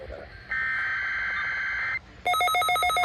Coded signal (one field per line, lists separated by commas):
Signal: Emergency Alert System (SAME) tones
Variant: header bursts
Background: speech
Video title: Week of Required Monthly Tests EAS in Washington State(3-8-2021 ~ 3-12-2021)